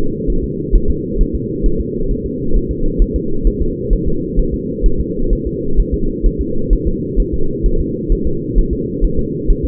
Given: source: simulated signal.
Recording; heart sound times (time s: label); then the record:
fetal heart sounds
0.30 s: S1
0.44 s: S2
0.76 s: S1
0.90 s: S2
1.21 s: S1
1.35 s: S2
1.66 s: S1
1.81 s: S2
2.11 s: S1
2.26 s: S2
2.56 s: S1
2.71 s: S2
3.02 s: S1
3.16 s: S2
3.47 s: S1
3.62 s: S2
3.93 s: S1
4.08 s: S2
4.40 s: S1
4.54 s: S2
4.86 s: S1
5.01 s: S2
5.33 s: S1
5.47 s: S2
5.80 s: S1
5.94 s: S2
6.26 s: S1
6.41 s: S2
6.73 s: S1
6.88 s: S2
7.20 s: S1
7.34 s: S2
7.66 s: S1
7.81 s: S2
8.12 s: S1
8.27 s: S2
8.59 s: S1
8.73 s: S2
9.04 s: S1
9.19 s: S2
9.50 s: S1
9.65 s: S2
From the record:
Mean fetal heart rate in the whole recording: 130 bpm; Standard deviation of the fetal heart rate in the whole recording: 2 bpm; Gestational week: 38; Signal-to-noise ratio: -8.1 dB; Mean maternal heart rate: 72 bpm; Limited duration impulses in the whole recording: absent